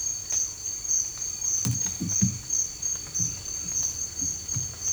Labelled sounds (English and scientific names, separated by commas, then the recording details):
none
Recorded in dense forest near Puerto Asís, Putumayo, Colombia, on 21 December 2024 at 07:00
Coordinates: 0.467, -76.328
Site GP05